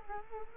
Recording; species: mosquito wingbeat signal from an infrared sensor; Culex quinquefasciatus